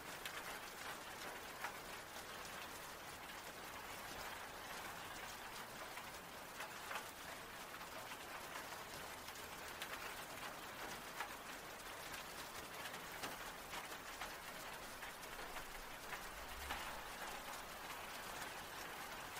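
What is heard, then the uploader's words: Rain patters on a tin roof in a dense, steady hiss with countless fine taps and no let-up across the whole stretch. Brighter individual drops crack out now and then, and a faint low rumble sits underneath throughout. THE SOUND OF RAIN ON A TIN ROOF.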